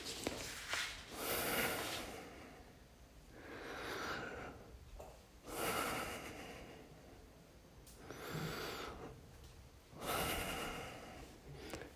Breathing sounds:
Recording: deep breathing after running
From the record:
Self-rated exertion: moderate exertion (3 of 6)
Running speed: 8 miles an hour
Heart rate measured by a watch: 95 beats a minute at the start, 103 at the end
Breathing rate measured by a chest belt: 14 breaths a minute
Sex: male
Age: 24 years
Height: 185 cm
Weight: 79 kg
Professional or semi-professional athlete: no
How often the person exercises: 1 to 2 times a week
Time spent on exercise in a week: 2 to 3 hours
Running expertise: no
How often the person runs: 1 to 2 times a week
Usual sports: running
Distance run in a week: 20 km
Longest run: 10 km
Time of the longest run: 50 minutes

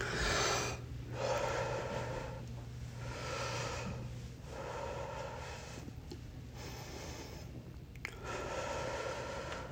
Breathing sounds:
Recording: deep breathing after running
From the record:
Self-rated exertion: light exertion (2 of 6)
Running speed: 5 miles an hour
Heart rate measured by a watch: 107 beats a minute at the start, 108 at the end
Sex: male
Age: 57 years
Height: 171 cm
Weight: 59 kg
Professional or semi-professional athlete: no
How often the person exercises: over 5 times a week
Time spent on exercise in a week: over 5 hours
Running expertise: no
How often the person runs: over 5 times a week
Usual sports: running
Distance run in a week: 50 miles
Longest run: 50 miles

